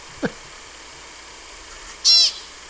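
American pika call: a single short, bright squeak with stacked harmonics near the end, over steady background hiss.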